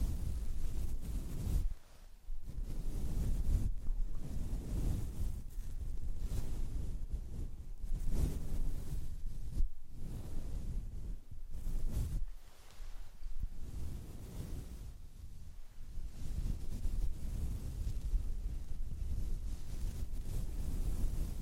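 A furry wind muff brushes and strokes across a microphone in a continuous, heavy rumble, mostly deep and muffled with a faint hiss above. Brief dropouts break the sound around 2, 8, 10, 12 and 15 seconds as strokes change direction.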